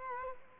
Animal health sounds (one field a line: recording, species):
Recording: mosquito wingbeat signal from an infrared sensor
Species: Culex quinquefasciatus